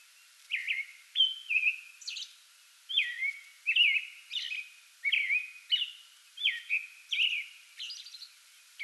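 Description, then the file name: American robin caroling, a run of slurred whistled phrases with brief gaps, some ending in thin high squeaks. Pre-dawn song bout, 8 May 2022. "2022-05-08 American Robin pre-dawn song bout"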